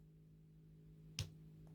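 Plastic scorpion claws are folded into the feet of a transforming robot toy's legs and pushed until they lock into place. A sharp tick is heard at 1.2 seconds over a steady low hum, with a faint second tick near 1.7 seconds. The claw-foot piece is seated and locked in.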